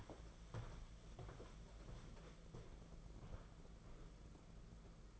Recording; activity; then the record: daily activity, microphone in the room; walk to room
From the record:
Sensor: 5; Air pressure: 992.2 hPa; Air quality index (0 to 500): 213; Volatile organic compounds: 1000 ppm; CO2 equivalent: 6183 ppm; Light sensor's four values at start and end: 6/16/6/7 and 7/17/6/7